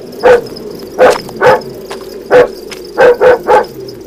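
A dog howls along a road in seven short, sharp bursts, a few spaced apart and then three in quick succession near the end, loud and alone with no talking.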